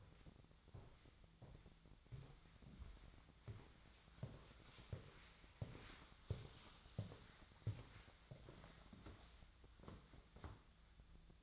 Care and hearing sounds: daily activity, microphone in the room; walk to room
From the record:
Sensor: 3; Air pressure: 1010.1 hPa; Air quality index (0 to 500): 180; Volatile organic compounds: 12 ppm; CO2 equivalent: 2354 ppm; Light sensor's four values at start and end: 42/103/45/48 and 39/98/42/45

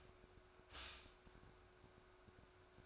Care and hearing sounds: daily activity, microphone in the room; stop toaster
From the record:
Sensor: 2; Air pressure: 1014.6 hPa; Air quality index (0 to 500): 193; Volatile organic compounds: 19 ppm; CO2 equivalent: 2651 ppm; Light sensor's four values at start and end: 4/10/3/4 and 4/10/3/4

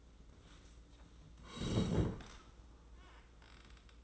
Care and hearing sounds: daily activity, microphone in the room; sit down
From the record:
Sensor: 3

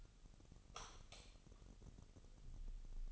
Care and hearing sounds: daily activity, microphone in the room; light off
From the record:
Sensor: 4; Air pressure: 989.1 hPa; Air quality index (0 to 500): 218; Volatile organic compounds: 71 ppm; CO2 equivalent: 3533 ppm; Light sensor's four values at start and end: 28/92/34/36 and 25/80/30/30

